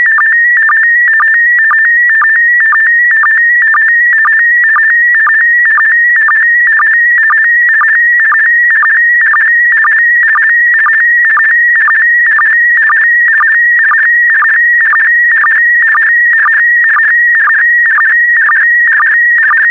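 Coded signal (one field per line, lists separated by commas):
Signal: SSTV (slow-scan television)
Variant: PD120 mode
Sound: continuous warbling tone with short low chirps about twice a second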